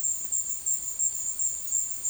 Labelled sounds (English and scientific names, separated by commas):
none